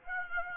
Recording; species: mosquito wingbeat signal from an infrared sensor; Aedes aegypti